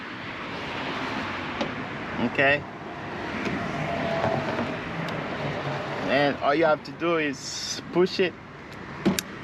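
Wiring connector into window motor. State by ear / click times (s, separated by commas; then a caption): seated / 9.2 s. An electrical connector is pushed onto a new front window motor inside a Hyundai Sonata car door while someone talks over steady background noise. A sharp click at 9.2 s, just after a softer knock at 9.1 s, confirms the connector is seated.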